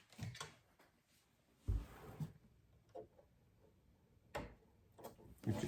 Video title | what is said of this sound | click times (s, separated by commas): Unboxing & Setup of the Bambu Lab P1S Combo - First Impressions & Test Print! | It just clips clicks in place and you can't pull it out. | 4.4 s